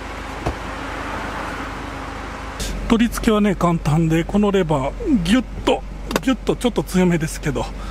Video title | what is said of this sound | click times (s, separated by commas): HONDA S660 130万でどうでしょうか？車検付き | 取り付けはね簡単で、このレバーギュッとちょっと強めですけど押すとロックがかかります。この赤いのがねなくなったらロックされてますね。 | 0.5 s